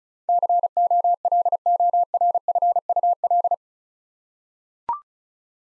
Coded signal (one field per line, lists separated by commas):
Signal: Morse code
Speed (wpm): 34 wpm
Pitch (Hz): 700 Hz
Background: none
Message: COLORFUL